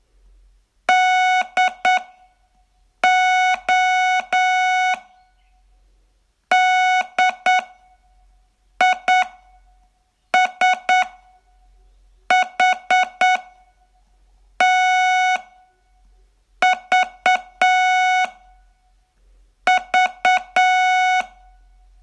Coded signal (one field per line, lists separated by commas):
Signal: Morse code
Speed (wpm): 8 wpm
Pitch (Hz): 740 Hz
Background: music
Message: DODISHTVV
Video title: Learn Morse in 42 Days from VU2LAU - day16